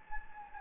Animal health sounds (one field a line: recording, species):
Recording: mosquito wingbeat signal from an infrared sensor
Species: Anopheles gambiae